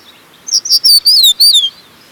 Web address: Crested Bunting Song